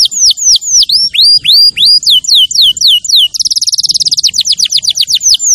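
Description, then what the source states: Canary song of loud repeated swooping whistles, then a dense rapid trill, then more descending whistles to the end. Champion canary song used as a master recording for training other birds.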